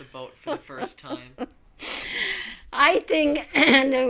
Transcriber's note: she laughs